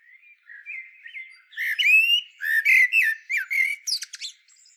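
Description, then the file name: Common blackbird with quiet warbling that builds into loud, scratchy, rising and falling phrases and thin high squeaks near the end. "Turdus merula"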